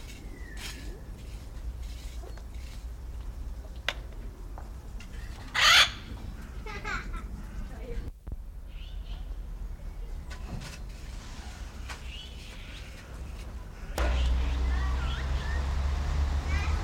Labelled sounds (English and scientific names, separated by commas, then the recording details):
Red-fronted Macaw (Ara rubrogenys) call
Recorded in captivity
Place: Tiergarten Schönbrunn, AT
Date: 1994-09-28 14:55
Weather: bedeckt, 22°C
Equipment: Marantz CP 430, Sennheiser ME 80, Kopie Uher Variocord 263
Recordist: Tembrock, Günter